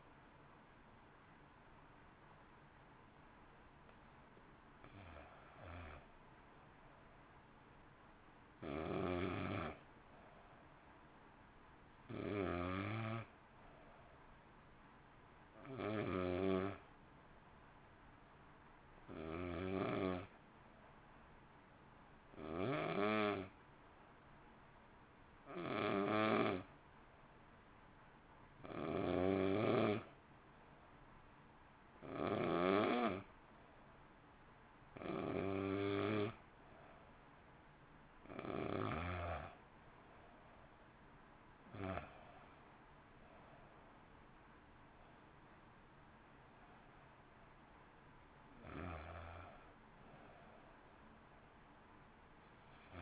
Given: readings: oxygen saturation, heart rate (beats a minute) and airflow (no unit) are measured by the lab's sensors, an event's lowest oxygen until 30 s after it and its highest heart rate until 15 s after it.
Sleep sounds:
breathing in sleep by a voice recorder at the bedside; 1
3.00-53.02 s: new sleep stage, N2 (light sleep)
5.00-36.10 s: hypopnea (N2, oxygen 95% highest, then 89% lowest, heart rate 51 at the start, 58 highest)
From the record:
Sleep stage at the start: N1 (lightest sleep); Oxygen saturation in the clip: 88 to 95%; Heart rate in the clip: 51 to 58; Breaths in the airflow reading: 15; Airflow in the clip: -0.8 to 1.1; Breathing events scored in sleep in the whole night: 328 in 6.3 hours asleep

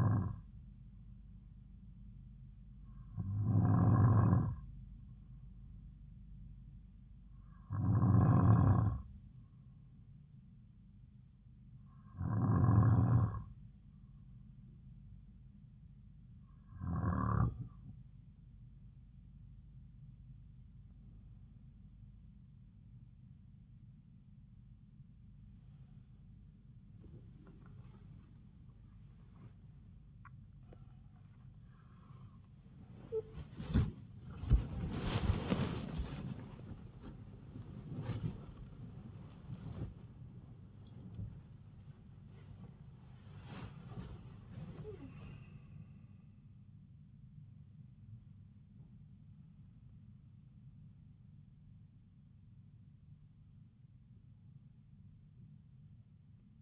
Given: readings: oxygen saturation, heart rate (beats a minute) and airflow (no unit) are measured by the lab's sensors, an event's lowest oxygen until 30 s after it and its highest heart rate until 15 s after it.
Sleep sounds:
a person awake in a sleep study, by a smartphone at the bedside; 1
8.00-37.70 s: hypopnea (N2, oxygen 95% highest, then 93% lowest)
19.00-49.00 s: new sleep stage, awake
22.00-51.00 s: awake
49.00-56.62 s: new sleep stage, N1 (lightest sleep)
From the record:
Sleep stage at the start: N2 (light sleep); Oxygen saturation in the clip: 93 to 97%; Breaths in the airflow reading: 11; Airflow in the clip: -6.2 to 8.5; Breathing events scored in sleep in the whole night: 270 in 6.1 hours asleep

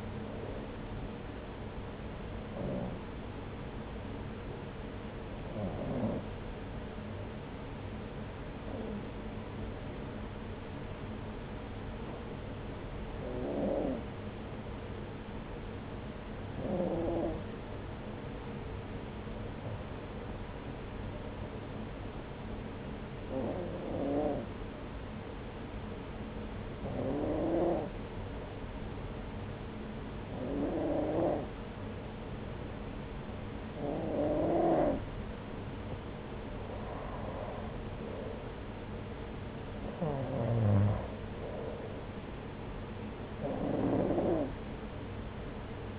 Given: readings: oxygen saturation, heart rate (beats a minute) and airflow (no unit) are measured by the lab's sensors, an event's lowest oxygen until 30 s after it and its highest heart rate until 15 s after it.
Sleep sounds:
breathing in sleep by a voice recorder at the bedside; 1
6.00-37.40 s: hypopnea (N1, oxygen 96% highest, then 92% lowest)
30.00-45.99 s: new sleep stage, N2 (light sleep)
From the record:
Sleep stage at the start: N1 (lightest sleep); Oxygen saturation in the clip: 92 to 96%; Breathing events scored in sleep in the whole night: 303 in 8.1 hours asleep

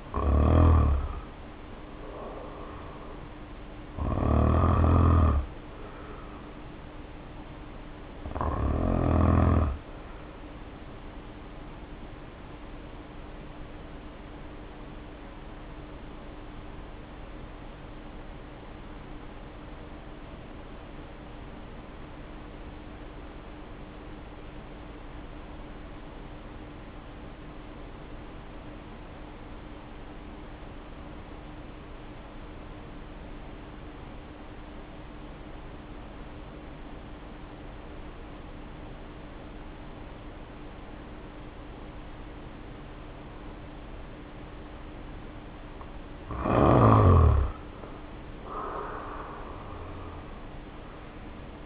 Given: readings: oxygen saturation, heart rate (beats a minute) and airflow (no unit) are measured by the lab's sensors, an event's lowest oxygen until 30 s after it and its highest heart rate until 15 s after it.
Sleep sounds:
breathing in sleep by a voice recorder at the bedside; 1
11.00-44.80 s: hypopnea (N1, oxygen 96% highest, then 73% lowest, heart rate 51 at the start, 70 highest)
21.00-51.65 s: new sleep stage, N2 (light sleep)
From the record:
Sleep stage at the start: N1 (lightest sleep); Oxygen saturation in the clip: 75 to 96%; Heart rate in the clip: 50 to 70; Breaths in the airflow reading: 13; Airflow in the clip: -2.2 to 2.9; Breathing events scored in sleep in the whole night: 520 in 7.2 hours asleep

